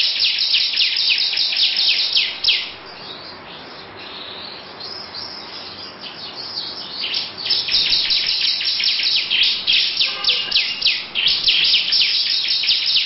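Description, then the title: Lovebird song: bursts of dense high chattering chirps, a quieter stretch in the middle, then rapid chirping returns. Long "ngekek" song style, also labelled ciblek. "Audio Lovebird Ngekek Panjang Ciblek"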